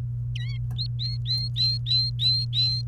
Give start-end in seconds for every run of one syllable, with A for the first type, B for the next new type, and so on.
0.35-0.57 A, 0.78-2.81 B